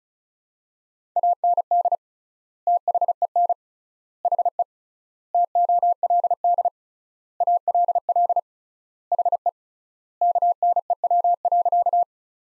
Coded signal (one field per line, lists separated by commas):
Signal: Morse code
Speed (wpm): 35 wpm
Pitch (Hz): 700 Hz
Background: none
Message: AND THEN HE TOLD ALL HE KNEW.